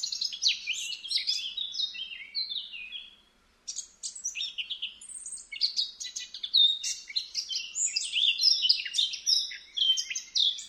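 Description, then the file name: Eurasian blackcap song, long bursts of hurried, scratchy warbling with a short pause before the jumbled chatter resumes. "Sylvia atricapilla"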